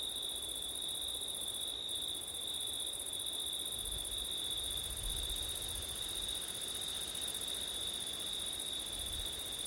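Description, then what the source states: Cricket song in a sustained high trill with a shimmering upper layer, while low gusts of wind rumble underneath in the middle and near the end. Crickets singing on a September night, with wind.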